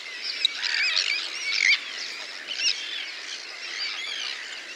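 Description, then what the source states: Terns: colony chorus of overlapping scratchy, high-pitched calls, with a few sharper screeches rising above the din. Colony of terns, possibly including a sandwich tern, recorded one evening at Ladies Island Lake, Wexford; a 'wall of sound'.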